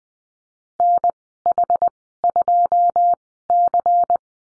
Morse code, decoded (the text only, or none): NH2C